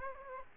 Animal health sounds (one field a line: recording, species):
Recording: mosquito wingbeat signal from an infrared sensor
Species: Aedes aegypti